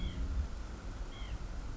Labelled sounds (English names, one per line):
White-breasted Nuthatch